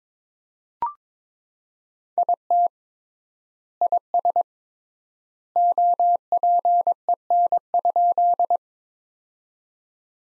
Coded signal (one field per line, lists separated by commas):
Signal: Morse code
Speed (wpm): 22 wpm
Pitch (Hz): 700 Hz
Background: none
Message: IT IS OPEN?